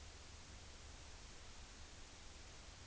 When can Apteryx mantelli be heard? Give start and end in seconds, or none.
none